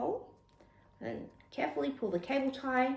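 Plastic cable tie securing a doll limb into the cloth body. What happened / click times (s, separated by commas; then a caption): Handled, not yet home: no seating click heard / none. A plastic cable tie is handled around the gathered cloth body where a reborn doll limb attaches, being carefully pulled to secure the limb into the fabric body. Someone talks throughout over faint rustling. Nothing has clicked or seated yet; the tie has not yet been ratcheted tighter.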